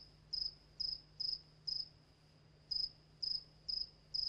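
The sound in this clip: Cricket calling with short, high, buzzy chirps repeated about twice a second, broken by one longer pause midway.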